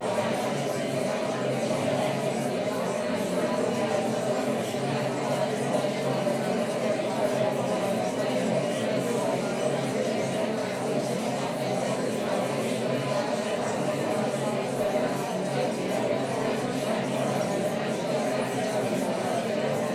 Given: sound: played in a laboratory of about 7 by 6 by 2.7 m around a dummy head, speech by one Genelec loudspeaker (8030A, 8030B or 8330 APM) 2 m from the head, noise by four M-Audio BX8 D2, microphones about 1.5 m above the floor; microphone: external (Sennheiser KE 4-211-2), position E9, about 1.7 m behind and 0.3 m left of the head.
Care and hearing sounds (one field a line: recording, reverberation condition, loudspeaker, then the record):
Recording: babble noise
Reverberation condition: medium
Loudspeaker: four, about 170 cm from the corners of the room and facing them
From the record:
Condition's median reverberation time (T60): about 510 ms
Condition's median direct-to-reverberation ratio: about -0.5 dB